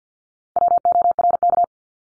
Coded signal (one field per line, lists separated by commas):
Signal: Morse code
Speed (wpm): 50 wpm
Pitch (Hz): 700 Hz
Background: none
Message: WORK